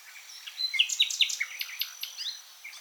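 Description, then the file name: Common nightingale giving a dense burst of varied chirps and sharp whistled notes in quick succession, with a faint steady high-pitched whine in the background. "Luscinia megarhynchos"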